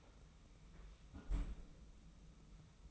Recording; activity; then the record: daily activity, microphone in the room; close fridge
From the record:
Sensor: 1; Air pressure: 990.9 hPa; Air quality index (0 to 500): 113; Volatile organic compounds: 128 ppm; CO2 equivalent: 3916 ppm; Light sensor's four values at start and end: 19/46/19/21 and 19/46/19/21